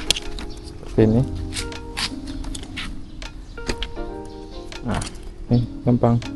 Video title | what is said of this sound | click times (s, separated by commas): Modifikasi Touring KLX150S ‼️ | Jadi dia juga sudah klik seperti ini. | 0.1 s